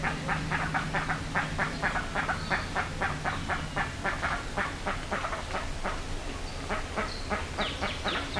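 Bird calls in a fast chattering series of rough, quack-like pulses, about four a second, with a few high thin notes near the end over low background hum.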